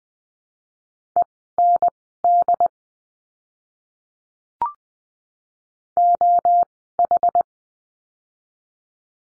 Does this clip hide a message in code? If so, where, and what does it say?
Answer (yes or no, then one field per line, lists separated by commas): yes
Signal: Morse code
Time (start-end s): 1.2-7.4 s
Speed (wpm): 20 wpm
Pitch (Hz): 700 Hz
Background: none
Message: END OH